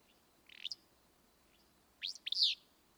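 Willow flycatcher song: a short buzzy note, a pause, then a louder two-note phrase.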